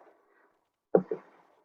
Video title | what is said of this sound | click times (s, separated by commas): Cara Pakai Ventolin Inhaler Turbuhaler Nebulizer | lihat keluar bunyi klik nah kemudian kita | 1.0 s